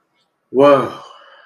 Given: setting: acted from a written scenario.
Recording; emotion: vocal sound without words; relief